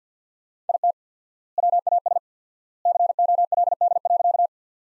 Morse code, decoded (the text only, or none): IT WAS COLD.